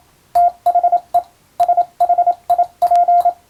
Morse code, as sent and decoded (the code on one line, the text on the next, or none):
- .... . / ... .... .. .--.
THE SHIP